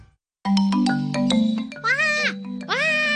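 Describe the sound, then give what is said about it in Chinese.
A person imitates a black kite's call with a voice, producing two shrill, wavering cries that sweep up and then fall away, following a short series of steady, sustained tones. “我扮紧麻鹰叫啊，我谂住引佢哋飞埋嚟，等我可以睇清楚啲啊嘛。”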